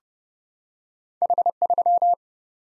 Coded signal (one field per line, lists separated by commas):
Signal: Morse code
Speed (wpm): 30 wpm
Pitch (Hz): 700 Hz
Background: none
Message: H3